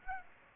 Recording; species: mosquito wingbeat signal from an infrared sensor; Aedes aegypti